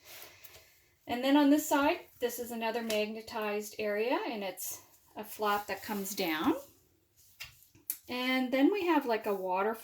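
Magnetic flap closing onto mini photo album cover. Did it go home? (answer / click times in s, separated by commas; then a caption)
yes / 7.9 s. Someone talks while a magnetized flap on the side of a paper and chipboard mini photo album is brought down onto the cover. After a couple of faint handling ticks, the flap snaps shut against its magnet with a sharp click at 7.9 s, and the talking continues.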